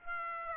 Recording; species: mosquito wingbeat signal from an infrared sensor; Aedes aegypti